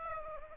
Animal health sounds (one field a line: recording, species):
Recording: mosquito wingbeat signal from an infrared sensor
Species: Aedes aegypti